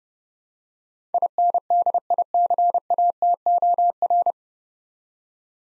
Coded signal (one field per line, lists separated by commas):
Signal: Morse code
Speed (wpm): 31 wpm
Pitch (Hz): 700 Hz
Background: none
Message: INDICATOR